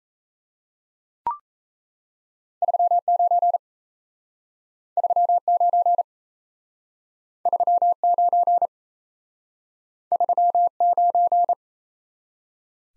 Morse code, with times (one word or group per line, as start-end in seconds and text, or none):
2.6-3.6 39
5.0-6.0 39
7.5-8.7 39
10.1-11.5 39